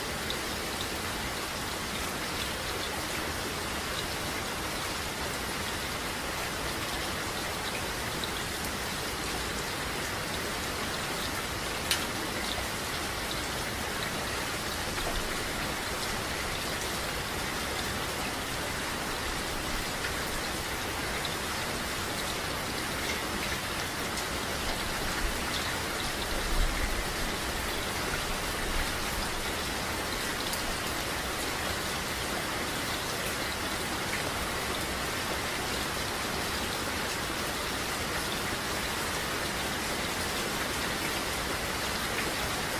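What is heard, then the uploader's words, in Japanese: Steady, dense rain falls evenly throughout, a constant hiss with a faint sharp tick near twelve seconds and a brief low thump around twenty-seven. 雨の音。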